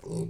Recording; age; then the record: pig call; weaner (32 to 43 days)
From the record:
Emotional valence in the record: negative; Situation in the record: short isolation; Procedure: open field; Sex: female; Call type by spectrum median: low-frequency call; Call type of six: low-frequency stable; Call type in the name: low-frequency stable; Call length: 0.29 s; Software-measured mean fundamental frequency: 53 Hz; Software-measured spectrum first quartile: 160 Hz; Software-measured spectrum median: 308 Hz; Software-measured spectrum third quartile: 654 Hz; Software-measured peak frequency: 399 Hz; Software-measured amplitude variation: 153 dB a second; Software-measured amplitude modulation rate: 23.8 a second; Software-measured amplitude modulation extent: 6.4 dB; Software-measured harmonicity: 7.6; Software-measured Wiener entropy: -0.61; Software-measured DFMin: 1135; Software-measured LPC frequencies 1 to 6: 339, 2436, 3815, 4514, 5581, 6612 Hz